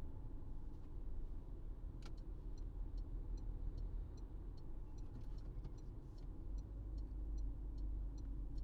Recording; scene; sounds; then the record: everyday scene through a hearing-aid microphone; in a vehicle; engine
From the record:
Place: Berlingo II, diesel engine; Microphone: in the ear canal, right